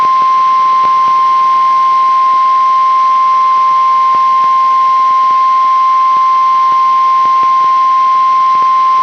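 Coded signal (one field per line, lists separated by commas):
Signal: Emergency Alert System (SAME) tones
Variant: 1050 Hz attention tone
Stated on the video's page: Two required weekly tests relayed by NOAA Weather Radio stations, recorded directly from a weather radio to a computer over USB.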